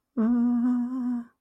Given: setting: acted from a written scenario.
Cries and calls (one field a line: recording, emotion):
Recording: vocal sound without words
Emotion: distress